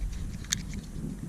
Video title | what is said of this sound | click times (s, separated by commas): VERTICAL Takeoff Drone w/ Object Avoidance - VERY COOL! - L6059W FULL REVIEW | The arms just fold out like this and lock into place. | 0.5 s